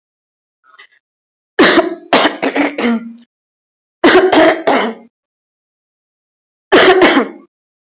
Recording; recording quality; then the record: heavy voluntary cough; excellent, no background noise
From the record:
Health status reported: COVID-19 positive, mild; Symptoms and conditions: sore throat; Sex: female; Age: 33 years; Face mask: not worn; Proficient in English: yes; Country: India